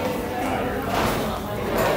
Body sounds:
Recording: background sound without coughing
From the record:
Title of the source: 40 min - Ambience sounds UNIVERSITY lunchroom chatting

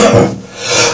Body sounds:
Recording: coughing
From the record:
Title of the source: Cough Around the Clock!

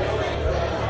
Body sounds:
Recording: background sound without coughing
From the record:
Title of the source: CITY SOUNDS Busy Bar in the Evening Night - 2 HOURS of Ambiance for Relaxation

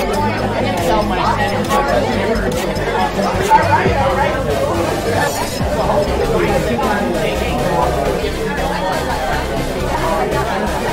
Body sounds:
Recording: background sound without coughing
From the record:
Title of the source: Nightlife Party Simulating Party Club Noise 1 Hour

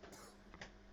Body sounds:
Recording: coughing mixed with background sound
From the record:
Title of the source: 31 night wet cough

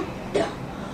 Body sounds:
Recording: coughing mixed with background sound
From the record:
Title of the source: female coughing - coughing sound effects girl

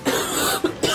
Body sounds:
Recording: coughing mixed with background sound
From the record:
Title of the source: 30 Chesty and wet cough

